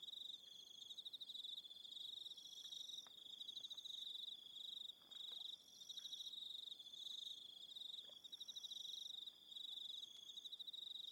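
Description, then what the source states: Crickets chirping in a dense, steady chorus of rapid pulsed trills with brief pauses. Cricket soundscape.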